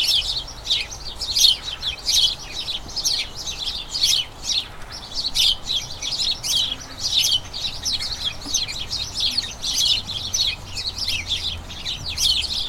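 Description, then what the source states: Flock of house sparrows chirping, pulsing bursts of bright overlapping chirps that swell and ease. About a dozen house sparrows, a colony, chattering incessantly in a small front garden as crocuses bloom, excitement signalling the colony turning toward the breeding season.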